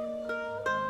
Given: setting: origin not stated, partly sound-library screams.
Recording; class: one-second piece from a danger detection set; normal situation